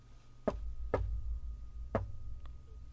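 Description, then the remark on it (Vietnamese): Three sharp knocks on a door at uneven intervals, heard through the other end of a telephone line, followed by a fainter fourth tap, over a steady low hum with no voices. “Có tiếng gõ cửa vang lên từ một đầu dây khác của điện thoại, cảm giác rất có tiết tấu, nhưng lại mang theo hơi thở âm trầm, khiến người ta cảm thấy gần như gần trong gang tấc, giống như gõ ngay trái tim vậy.”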